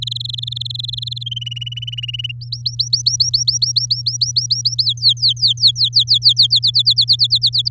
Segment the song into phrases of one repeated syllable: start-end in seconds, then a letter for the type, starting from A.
0.02-1.23 A, 1.26-2.32 B, 2.41-4.84 C, 4.85-6.47 D, 6.50-7.69 E